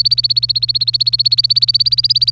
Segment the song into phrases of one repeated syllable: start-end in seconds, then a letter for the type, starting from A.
0.00-2.31 A